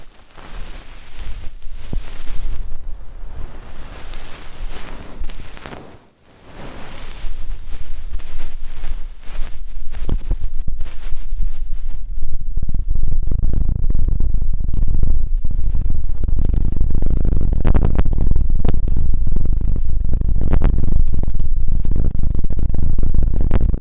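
Deep ear cleaning: dense, scratchy rustling fills the first half, with a brief drop to near quiet around six seconds. From about twelve seconds the sound turns muffled and low, a loud steady rumbling dotted with sharp clicks and pops.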